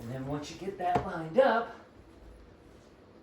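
A recliner lift chair backrest is being lined up with the side brackets on the seat frame while someone talks. It is handled but not yet home, and nothing has seated or clicked yet. After the talk ends near 2 seconds, only quiet background remains.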